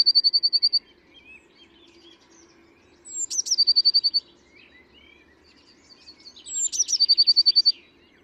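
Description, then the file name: Eurasian blue tit calling three times, each a quick level trill, the later two with a high sharp lead-in; quiet twitters and low hum in the background. "Cyanistes caeruleus"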